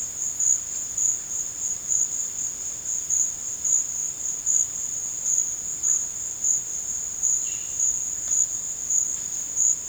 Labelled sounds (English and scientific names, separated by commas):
none